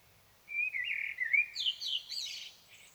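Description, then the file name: Common blackbird song: a low, mellow fluted warble that slides and wavers, then breaks into a high, squeaky, twittering flourish before fading. "Turdus merula"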